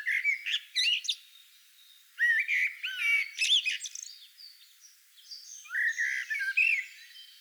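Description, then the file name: Eurasian blackbird singing varied phrases of low fluty notes that break into squeaky, twittering higher notes, in three bursts separated by short pauses. "Turdus merula"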